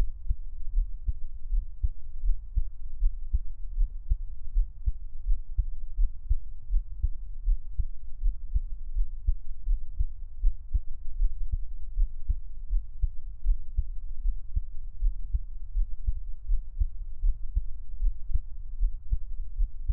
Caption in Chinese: 台灣asmr。 獻上我的心跳 | Give my Heartbeat | NO Talking。